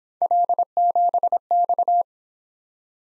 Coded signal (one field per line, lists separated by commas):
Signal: Morse code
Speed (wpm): 26 wpm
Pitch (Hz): 700 Hz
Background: none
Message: L7X